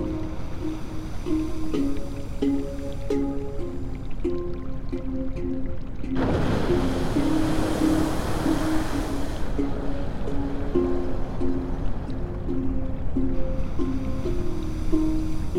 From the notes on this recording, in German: Handpan Melodien in f-Moll